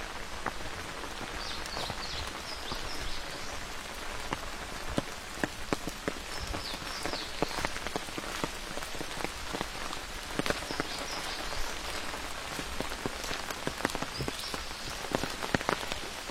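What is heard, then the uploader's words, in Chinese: Steady rain patters along a forest trail, with dense sharp drips throughout and a faint high chirping returning every few seconds. 在雨中沿着森林步道漫步。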